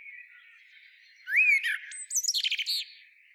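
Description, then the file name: Eurasian blackbird: a clear rising whistle then a rapid series of high, scratchy chattering notes. "Turdus merula"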